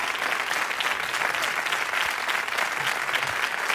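A crowd claps steadily in a continuous round of applause, a dense, even patter of many hands holding at the same level throughout with no voices standing out.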